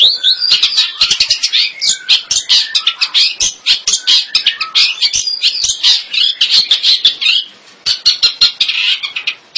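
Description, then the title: Long-tailed shrike song: a dense, unbroken run of varied scratchy chatters and high squeaky notes, with sharp clicks scattered through it. "Kicau Burung Pentet"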